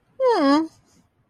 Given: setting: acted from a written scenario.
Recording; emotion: vocal sound without words; neutral